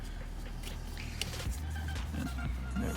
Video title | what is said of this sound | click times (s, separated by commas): Infiniti FX35 camshaft position sensor replace 2003 to 2008 p0340 | Once you hear the click, it means that the sensor is ready to come out. | 1.2 s